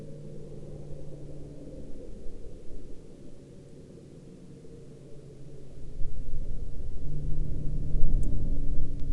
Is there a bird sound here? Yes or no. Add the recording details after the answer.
no. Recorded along the Dempster Highway, Canada, on 23 March 2020 at 10:01. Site 17